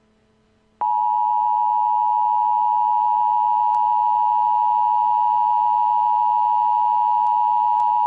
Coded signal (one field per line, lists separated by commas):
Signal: Emergency Alert System (SAME) tones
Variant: 853 and 960 Hz attention tone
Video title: EAS Scenario - The 2nd Great Chicago Fire